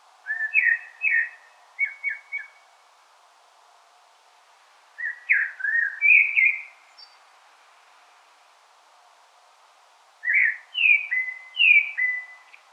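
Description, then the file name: Common blackbird delivering three warbled strophes several seconds apart, mixing low fluty notes with sharper, higher twittering endings. "Turdus merula"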